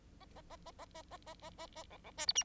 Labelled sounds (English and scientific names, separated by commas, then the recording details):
Bengalese Finch (Lonchura striata domestica) song
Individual Bird9